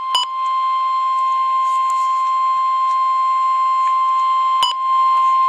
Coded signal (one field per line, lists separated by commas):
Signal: Emergency Alert System (SAME) tones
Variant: 1050 Hz attention tone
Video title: Severe Thunderstorm Watch - 04/03/11 (EAS #66)